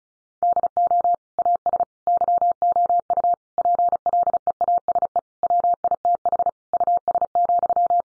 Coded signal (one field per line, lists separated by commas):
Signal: Morse code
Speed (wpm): 34 wpm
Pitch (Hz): 700 Hz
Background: none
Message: DO AS YOU PLEASE WITH US,